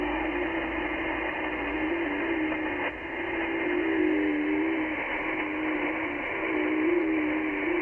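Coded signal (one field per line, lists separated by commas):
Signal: FT8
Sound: steady hiss with a faint warbling low tone stepping slowly in pitch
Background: radio static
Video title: 3D2CR, Conway Reef, Pacific Ocean, OC-112, 10MHz, FT8, Worked by HL2WA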